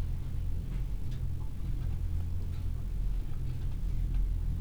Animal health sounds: poultry house recording; healthy chickens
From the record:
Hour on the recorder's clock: 15

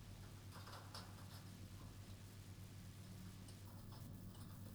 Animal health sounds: poultry house recording; no chicken sound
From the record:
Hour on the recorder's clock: 21

